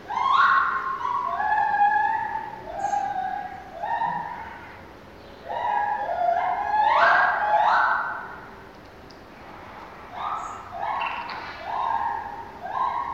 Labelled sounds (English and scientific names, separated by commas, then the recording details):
Lar Gibbon (Hylobates lar)
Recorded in captivity
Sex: pair
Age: adult
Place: Zoo Berlin, Berlin, DE
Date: 1988-11-19
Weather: wolkig bis heiter, 0-3°C
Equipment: Sony WM-D6C, Kopie Uher
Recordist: Tembrock, Günter